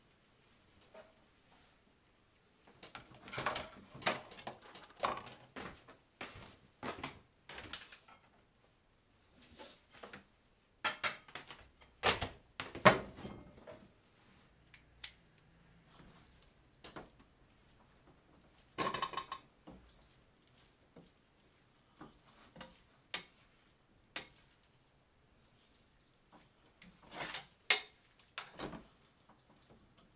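Cooking tomato-sauce pasta: irregular clatters and scrapes of utensils and pans in bursts, with quiet gaps, a faint sizzle, and occasional sharper knocks.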